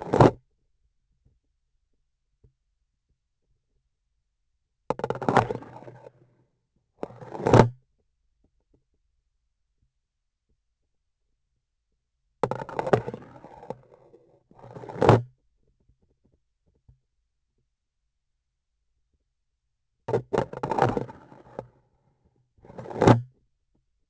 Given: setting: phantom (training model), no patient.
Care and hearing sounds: laparoscopic instrument, vibration sensor on the handle end; grasping forceps; insertion and removal through the trocar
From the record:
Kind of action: spatial motion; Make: other than Olympus

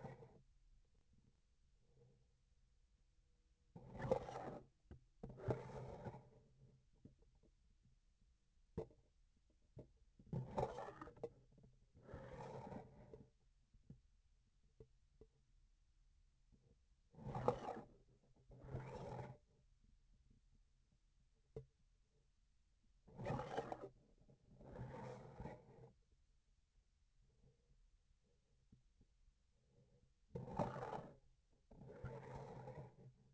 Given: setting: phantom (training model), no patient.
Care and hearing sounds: laparoscopic instrument, vibration sensor on the handle end; grasping forceps; approaching and retracting movements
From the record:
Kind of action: spatial motion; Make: other than Olympus

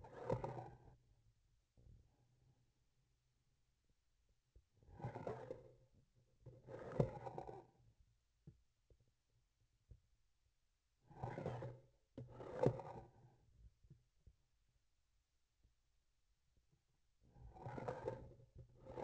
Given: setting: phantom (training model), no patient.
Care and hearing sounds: laparoscopic instrument, vibration sensor on the handle end; grasping forceps; approaching and retracting movements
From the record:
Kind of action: spatial motion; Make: other than Olympus

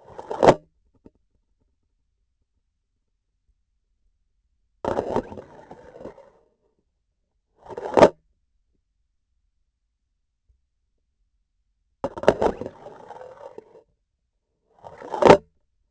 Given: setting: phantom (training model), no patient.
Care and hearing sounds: laparoscopic instrument, vibration sensor on the handle end; grasping forceps; insertion and removal through the trocar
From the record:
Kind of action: spatial motion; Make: other than Olympus

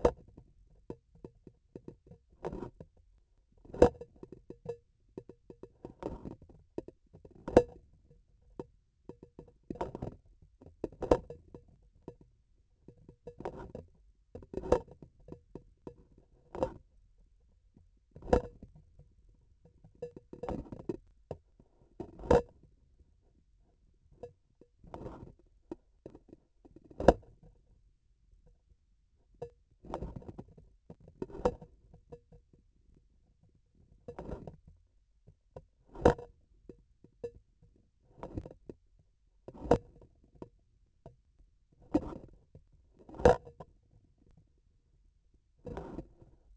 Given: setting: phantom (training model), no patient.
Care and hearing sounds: laparoscopic instrument, vibration sensor on the handle end; grasping forceps; opening and closing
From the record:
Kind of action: tool actuation without material contact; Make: Olympus

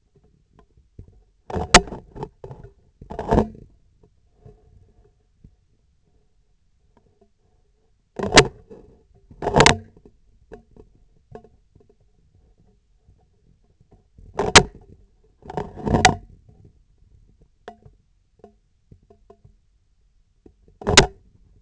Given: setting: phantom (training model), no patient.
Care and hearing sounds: laparoscopic instrument, vibration sensor on the handle end; scissors; opening and closing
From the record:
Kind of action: tool actuation without material contact

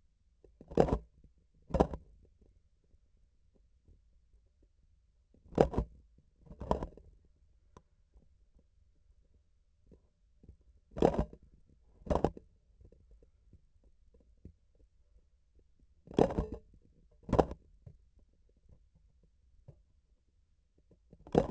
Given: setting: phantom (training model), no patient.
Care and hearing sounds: laparoscopic instrument, vibration sensor on the handle end; grasping forceps; opening and closing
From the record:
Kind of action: tool actuation without material contact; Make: other than Olympus

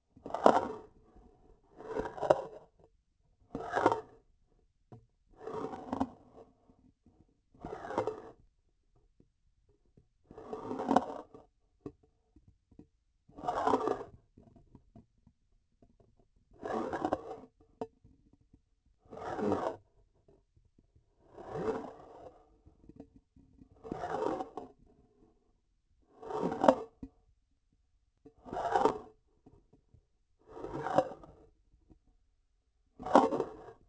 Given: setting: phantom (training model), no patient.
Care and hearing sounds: laparoscopic instrument, vibration sensor on the handle end; grasping forceps; approaching and retracting movements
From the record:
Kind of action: spatial motion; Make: Olympus

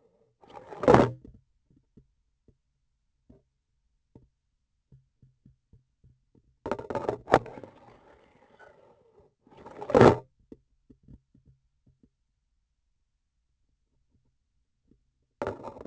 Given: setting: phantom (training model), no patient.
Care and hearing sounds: laparoscopic instrument, vibration sensor on the handle end; grasping forceps; insertion and removal through the trocar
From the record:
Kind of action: spatial motion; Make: other than Olympus

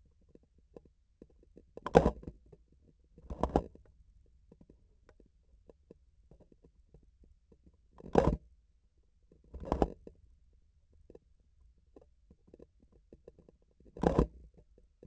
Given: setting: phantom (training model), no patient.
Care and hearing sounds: laparoscopic instrument, vibration sensor on the handle end; grasping forceps; opening and closing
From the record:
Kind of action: tool actuation without material contact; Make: other than Olympus

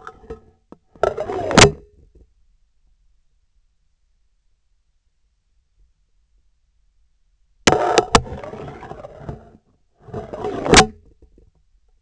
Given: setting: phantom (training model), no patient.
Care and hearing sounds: laparoscopic instrument, vibration sensor on the handle end; scissors; insertion and removal through the trocar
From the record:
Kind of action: spatial motion

